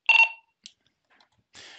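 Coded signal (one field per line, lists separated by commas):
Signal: beep code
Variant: Motorola P25 talk permit tone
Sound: three quick high beeps in a burst, a faint click, then static hiss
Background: radio static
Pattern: 3 short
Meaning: The radio grants permission to talk on the network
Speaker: we also need to turn on the talk permit tone as well so that's the motorola triple beat that you hear um when you key the radio up sounds like this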